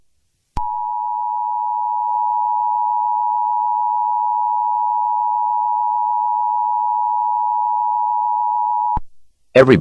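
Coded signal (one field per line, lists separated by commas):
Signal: Emergency Alert System (SAME) tones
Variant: 853 and 960 Hz attention tone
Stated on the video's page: Fictional EAS tones in an animated film, stated to be valid tones.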